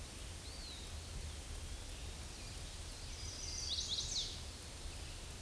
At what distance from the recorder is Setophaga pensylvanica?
about 35 m